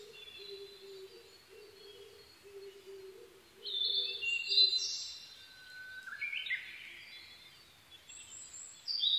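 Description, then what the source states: Blue-and-white flycatcher giving a few high whistled phrases, with a low, regular series of soft tones at the start. Recorded 22 May 2011 at 04:34.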